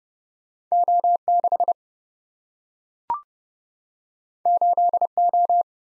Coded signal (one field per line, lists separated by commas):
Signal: Morse code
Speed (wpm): 30 wpm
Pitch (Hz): 700 Hz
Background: none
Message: O6 8O